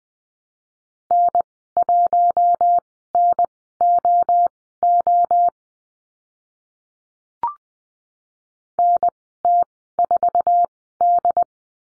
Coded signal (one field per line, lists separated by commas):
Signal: Morse code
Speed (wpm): 19 wpm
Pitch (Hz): 700 Hz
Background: none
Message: N1NOO NT4D